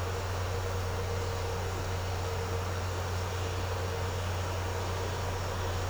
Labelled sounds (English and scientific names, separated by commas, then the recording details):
none
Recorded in secondary vegetation near Puerto Asís, Putumayo, Colombia, on 4 March 2025 at 14:00
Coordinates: 0.468, -76.324
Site G059